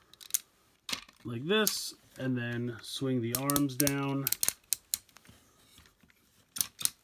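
During a Tobot V Speed transforming toy robot's transformation, plastic parts are clipped up into the toy's body, and a sharp plastic click at 0.4 s shows they have locked into place. Someone talks in the middle of the clip, and several more sharp clicks follow near the end.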